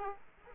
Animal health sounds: mosquito wingbeat signal from an infrared sensor; Aedes aegypti

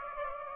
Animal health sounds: mosquito wingbeat signal from an infrared sensor; Aedes aegypti

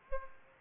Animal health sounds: mosquito wingbeat signal from an infrared sensor; Aedes aegypti

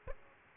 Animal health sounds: mosquito wingbeat signal from an infrared sensor; Aedes aegypti

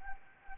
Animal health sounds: mosquito wingbeat signal from an infrared sensor; Anopheles gambiae

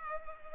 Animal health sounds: mosquito wingbeat signal from an infrared sensor; Culex pipiens

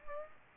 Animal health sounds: mosquito wingbeat signal from an infrared sensor; Aedes aegypti

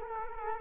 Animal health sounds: mosquito wingbeat signal from an infrared sensor; Culex quinquefasciatus

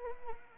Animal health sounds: mosquito wingbeat signal from an infrared sensor; Anopheles arabiensis

